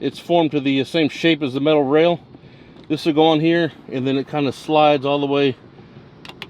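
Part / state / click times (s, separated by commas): plastic seat trim clip onto metal seat rail / seated / 6.4 s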